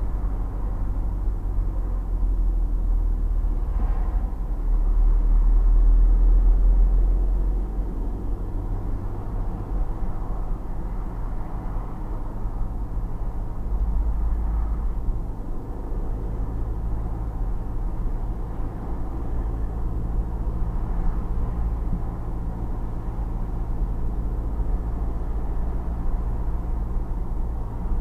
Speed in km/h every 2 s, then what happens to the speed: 38, 33, 27, 29, 33, 37, 38, 38, 40, 42, 42, 42, 42, 42.
0-5 slows to 27. 5-11 speeds up to 38. 11-28 steady at about 42.